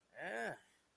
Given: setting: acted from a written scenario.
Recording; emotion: vocal sound without words; disgust